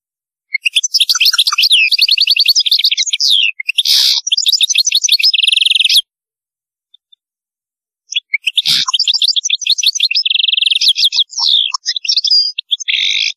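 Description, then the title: European goldfinch in loud, continuous twittering song with rapid trills and buzzy rattles, one long phrase then a pause of about two seconds before another long phrase. "Chant Chardonneret"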